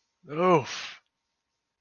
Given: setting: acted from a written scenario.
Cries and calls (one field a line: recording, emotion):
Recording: vocal sound without words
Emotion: pain